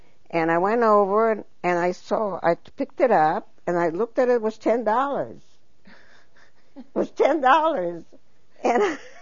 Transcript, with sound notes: And i went over, and I saw, I picked it up, and I looked at it, it was ten dollars. ( she laughs ) It was ten dollars. And